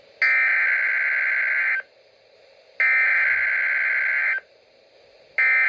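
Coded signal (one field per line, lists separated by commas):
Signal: Emergency Alert System (SAME) tones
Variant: header bursts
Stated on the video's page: NOAA Weather Radio Severe Thunderstorm Warning alert for parts of southeastern Pennsylvania and central New Jersey.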